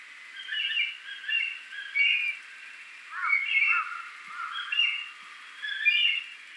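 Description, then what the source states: Mountain hawk-eagle whistled calls, several short clear whistled phrases with slurred notes, repeated roughly every second or so throughout. Recorded in Ishikawa on 3 March 2012.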